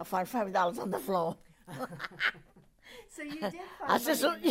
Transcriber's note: they laugh